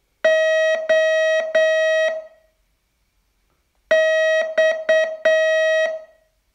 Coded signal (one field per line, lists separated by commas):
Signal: Morse code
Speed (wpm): 8 wpm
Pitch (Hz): 640 Hz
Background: none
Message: OX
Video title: Learn Morse in 42 Days from VU2LAU - day 28